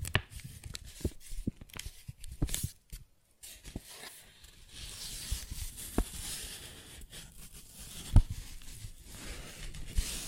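A paper bag is tapped and scratched, with irregular crisp rustles, sharp taps, and a brief silence near three seconds.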